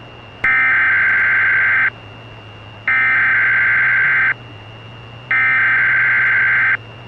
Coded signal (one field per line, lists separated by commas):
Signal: Emergency Alert System (SAME) tones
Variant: header bursts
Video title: Eas civil emergency message